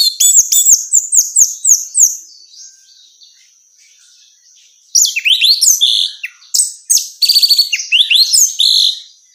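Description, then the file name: Orange-headed thrush song opening with a rapid repeated series of sharp high notes, a quiet pause, then a dense burst of varied warbling phrases. Female bird; recording made for therapy and training. "suara terapi anis merah betina"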